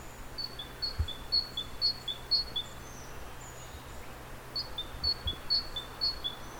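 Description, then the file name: Great tit with two bursts of its repeated two-note song, the high and slightly lower whistles alternating quickly against steady background noise. "Parus major"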